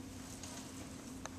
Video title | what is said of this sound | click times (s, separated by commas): How to Assemble and Fold Your Transport Wheelchair | next you want to grab onto the hand and simply push up until you hear that click | 1.3 s